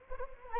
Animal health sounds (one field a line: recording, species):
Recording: mosquito wingbeat signal from an infrared sensor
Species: Anopheles arabiensis